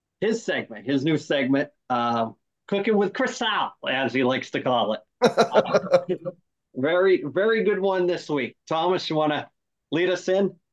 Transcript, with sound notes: his segment, his new segment, cooking with Chris out as he likes to call it. (laughs) Very, very good one this week. Thomas, you wanna lead us in?